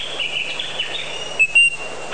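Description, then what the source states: Bird calls, a steady high thin tone with a few brief sharp whistled notes near the end over faint background hiss. Many different bird sounds.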